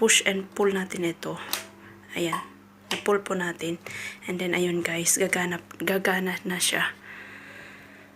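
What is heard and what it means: A fitting or locking part on a home patient lift is handled while someone talks, with a low steady hum underneath. The clip ends before the part goes home, so nothing has seated or clicked yet.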